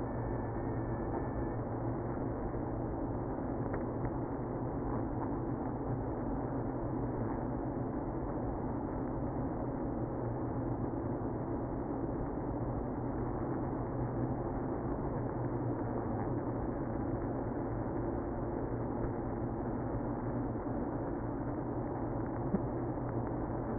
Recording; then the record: honeybee colony, microphone inside the hive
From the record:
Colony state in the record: queenless (queen removed); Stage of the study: after two queens were removed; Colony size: about 60,000 bees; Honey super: yes